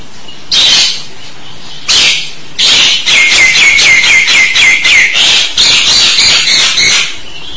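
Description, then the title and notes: Starling calling with harsh, buzzy notes repeated in quick series, rising into a steady rhythmic rattle of scratchy chirps after a few isolated bursts. "suara burung jalak"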